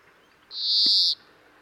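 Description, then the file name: European greenfinch uttering a single long, rasping, buzzy wheeze, flat in pitch and held for more than half a second. "Chloris chloris"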